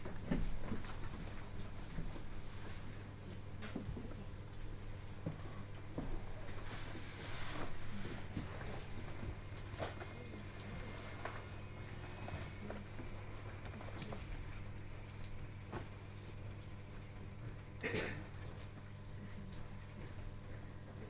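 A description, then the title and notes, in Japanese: A Tohoku Main Line train runs from Kitakami toward Morioka with a steady low rumble and a constant droning hum throughout. Short clanks and clicks break through now and then, clustered around seconds 7, 10, 14 and 18. 東北本線下り 北上→盛岡。701系4両編成。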